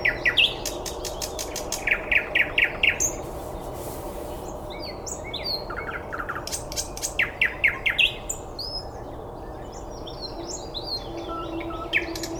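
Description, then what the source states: Several birds singing, fast ticking note series and warbled whistles repeated in bursts, with high thin notes scattered across a steady background hum. Recorded 9 May 2014 at 06:39.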